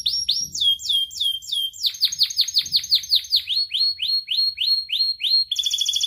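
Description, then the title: Atlantic canary song: series of clear downslurred whistled notes, shifting pitch and speed between phrases, closing with a fast buzzy roll. Prolific, vigorously singing ('gacor') canary; praised for its best 'cengkok' phrasing and most luxurious 'isian' song fill, within Indonesian songbird-keeping hobby. "Kenari Gacor Cengkok Terbaik Isian Paling Mewah Kenarigacor Kicaumania Kenari"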